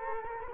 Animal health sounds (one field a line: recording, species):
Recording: mosquito wingbeat signal from an infrared sensor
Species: Culex quinquefasciatus